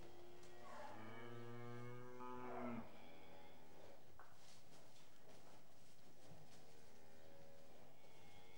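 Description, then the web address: Cattle lowing in one long harmonic moo over the first three seconds, followed by quieter shuffling, knocks and a faint second low near the end. Restless cattle indoors in a shed. "BBC Sound Effects Library. Cattle Restless In Shed"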